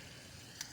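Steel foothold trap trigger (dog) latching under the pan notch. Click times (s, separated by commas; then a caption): 0.6 s. A steel foothold coyote trap is set: its jaw is pressed down and the pan and trigger (dog) are worked until the dog latches under the pan notch. Over a steady hissing background, a short, sharp metallic tick sounds at 0.6 s as the trigger catches and the trap sets level.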